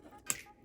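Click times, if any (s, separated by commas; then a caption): 0.3 s. Two plastic parts of a 1/144 scale HGUC Nu Gundam (Metallic Coating ver.) model kit are plugged together, lining a small indented area up with a hole. A sharp, loud snap is heard at 0.3 s, followed by a fainter, longer sound near the end. The part snaps into place and now sits solid, with only a little room to wiggle.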